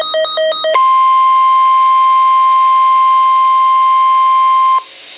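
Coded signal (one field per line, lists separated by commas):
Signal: Emergency Alert System (SAME) tones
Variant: 1050 Hz attention tone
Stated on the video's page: NOAA Weather Radio flood warning tones.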